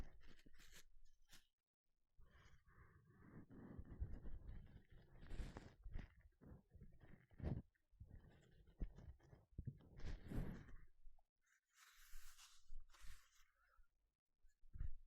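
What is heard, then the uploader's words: Gloves being handled, with rustling, rubbing and flapping sounds that come in bursts across the clip. Dense scraping passes build around four to eleven seconds, with sharp snaps near seven and a half seconds, then a bright hissy swish around twelve seconds. 5 different GLOVES Sounds. (No Talking).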